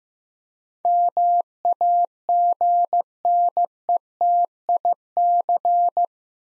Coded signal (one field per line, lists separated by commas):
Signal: Morse code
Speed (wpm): 15 wpm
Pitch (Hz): 700 Hz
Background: none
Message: MAGNETIC